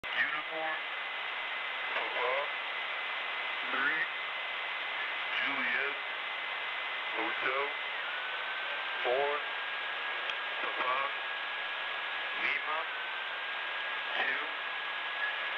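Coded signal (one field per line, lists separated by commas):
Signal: numbers station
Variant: male voice, random letters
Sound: single spoken letters by a male voice, evenly spaced, about nine, in hissy shortwave static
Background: radio static, carrier whistle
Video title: Spy Numbers station (Live ) random letters male 4725khz (with correction)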